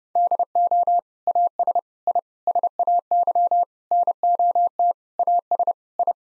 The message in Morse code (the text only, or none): DO AS I SAY NOT AS I